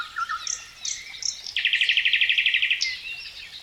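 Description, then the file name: Bird song: scattered high chirps, then a fast rattling trill of evenly spaced notes, followed by more high notes. "melodiez vogels"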